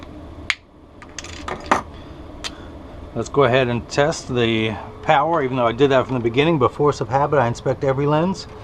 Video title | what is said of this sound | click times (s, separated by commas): RayBan 2132 with Transition Reading Lenses | push down with the nose and it snaps right in | 0.5 s